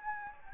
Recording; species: mosquito wingbeat signal from an infrared sensor; Anopheles gambiae